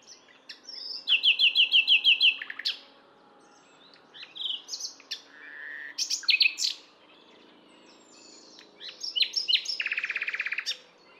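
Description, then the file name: Common nightingale singing varied phrases: a quick series of ticking notes, a low fluty whistle, sharp buzzy bursts and a final dense churring trill. "Luscinia megarhynchos"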